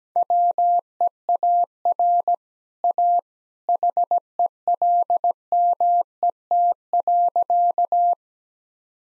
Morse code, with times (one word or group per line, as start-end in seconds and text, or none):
0.2-2.3 WEAR
2.8-3.2 A
3.7-8.1 HELMET.